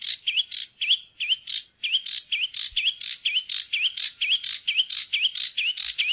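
Sedge warbler song, a rhythmic run of harsh churring notes alternating with a repeated dipping whistle, about two pairs each second, steady throughout.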